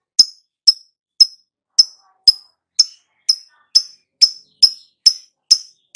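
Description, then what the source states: Lovebird repeating sharp, clicky high chirps at a steady pace of about two per second. Prompting track (pancingan) meant to get a lovebird to respond and sing vigorously (gacor).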